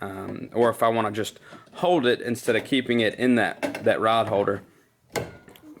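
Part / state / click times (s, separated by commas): steering pole into kayak pole adapter mount / seated / 5.2 s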